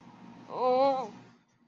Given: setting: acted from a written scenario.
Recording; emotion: vocal sound without words; embarrassment